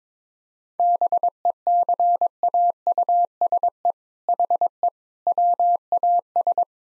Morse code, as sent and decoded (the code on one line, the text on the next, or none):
-... . -.-. .- ..- ... . / .... . / .-- .- ...
BECAUSE HE WAS